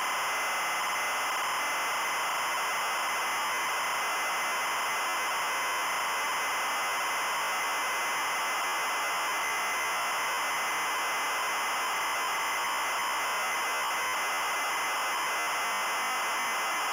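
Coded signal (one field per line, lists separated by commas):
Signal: ZX Spectrum tape loading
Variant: Adventurer custom loader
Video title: Adventurer ZX Spectrum loader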